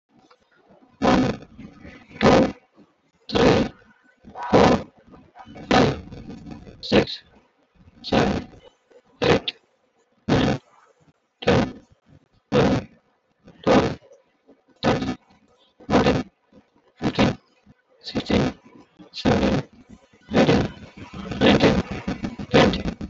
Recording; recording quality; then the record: counting at a normal pace; poor, much background noise or distortion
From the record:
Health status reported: respiratory illness, not identified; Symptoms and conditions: asthma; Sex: male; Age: 36 years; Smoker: not ticked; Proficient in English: yes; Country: India